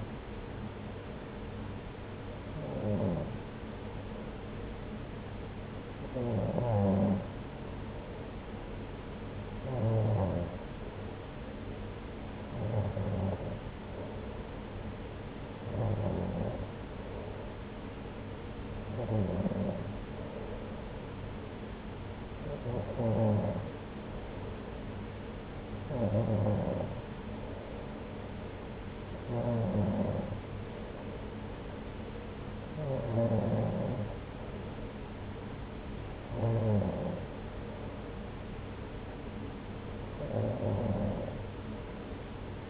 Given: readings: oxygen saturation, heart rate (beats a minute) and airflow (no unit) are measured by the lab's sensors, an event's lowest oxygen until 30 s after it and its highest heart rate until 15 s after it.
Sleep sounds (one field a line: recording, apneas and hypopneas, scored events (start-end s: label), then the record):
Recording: breathing in sleep by a voice recorder at the bedside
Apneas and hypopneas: none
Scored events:
none scored
From the record:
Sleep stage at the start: N2 (light sleep)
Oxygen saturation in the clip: 92 to 94%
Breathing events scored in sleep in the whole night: 303 in 8.1 hours asleep